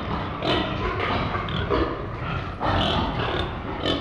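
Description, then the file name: Pigs produce rough grunts and a few strained, drawn-out squeals, with a louder burst of squealing in the second half over steady background clamour. Pigs in a pen. "Animal Pigs in a Pen"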